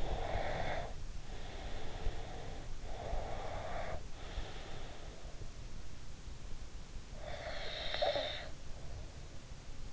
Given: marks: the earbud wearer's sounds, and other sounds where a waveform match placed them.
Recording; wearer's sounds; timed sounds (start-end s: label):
sounds in sleep by an in-ear microphone; snoring breath
0.00-2.70 s: snoring breath
2.88-5.46 s: snoring breath
7.24-8.63 s: snoring breath